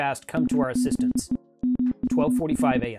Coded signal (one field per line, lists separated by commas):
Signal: Morse code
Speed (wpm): 29 wpm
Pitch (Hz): 250 Hz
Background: speech, music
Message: MCE MWR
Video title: SOS from the TITANIC! Morse Code (CW) Log from 1912